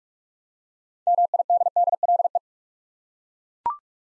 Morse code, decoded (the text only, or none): MIDDLE